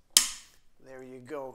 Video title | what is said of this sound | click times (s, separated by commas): How to adjust your Callaway Epic driver | let you know the sleeve is safely locked in place and helps you prevent over tightening it sounds like this there | 0.2 s